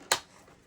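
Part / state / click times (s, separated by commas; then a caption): vacuum hose end into the hose socket on the vacuum body / seated / 0.1 s. The plastic end of the hose on a Shark Navigator Swivel Pro vacuum is pushed into its hose socket on the vacuum body, giving one sharp, loud, broadband click at 0.1 s that fades out quickly. A much fainter tick follows at 0.7 s. The hose end snaps in and is seated.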